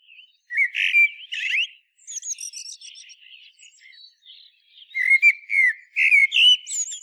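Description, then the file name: Common blackbird singing: fluted whistled notes, then squeaky high twittering, then another run of rich whistled notes near the end, no other sounds. "Turdus merula"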